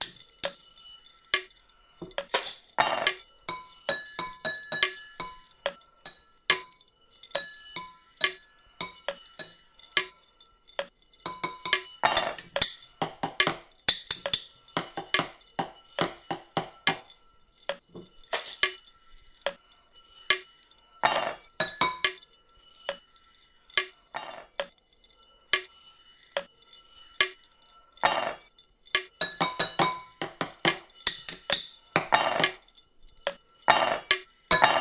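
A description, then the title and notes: Kitchen found percussion: sharp clinks and taps of glass, dishes and cutlery strike in dense irregular bursts, some ringing briefly with bright tones. Found percussion, mostly from my kitchen.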